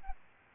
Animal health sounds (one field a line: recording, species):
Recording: mosquito wingbeat signal from an infrared sensor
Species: Aedes albopictus